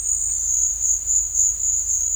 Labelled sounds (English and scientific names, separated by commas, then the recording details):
none
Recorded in dense forest near Puerto Asís, Putumayo, Colombia, on 18 December 2024 at 13:30
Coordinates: 0.481, -76.323
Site G100